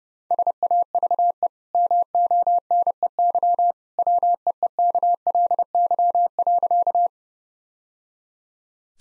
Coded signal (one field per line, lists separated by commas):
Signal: Morse code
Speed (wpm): 30 wpm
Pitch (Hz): 700 Hz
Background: none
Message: SAVE MONEY WEEKLY.